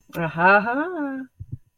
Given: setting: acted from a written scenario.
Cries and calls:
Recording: vocal sound without words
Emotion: pride

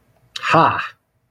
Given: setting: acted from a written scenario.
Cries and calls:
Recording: vocal sound without words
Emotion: pride

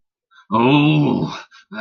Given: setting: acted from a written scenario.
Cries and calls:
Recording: vocal sound without words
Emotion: anger

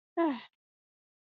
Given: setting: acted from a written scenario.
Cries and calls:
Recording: vocal sound without words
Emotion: neutral

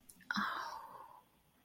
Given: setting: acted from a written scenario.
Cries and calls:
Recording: vocal sound without words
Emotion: serenity

